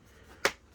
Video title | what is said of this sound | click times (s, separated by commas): How To Upgrade RAM Dell Inspiron 15 | click in place everywhere needs to be clicked in place | 0.5 s